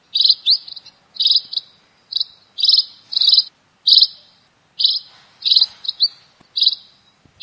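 Red-throated parrotfinch giving high, buzzy chirping bursts of about half a second each, separated by brief pauses.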